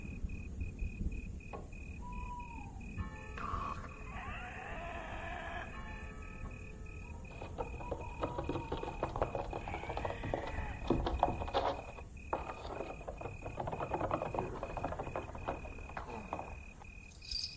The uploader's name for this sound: lost in the dark village Asmr ambience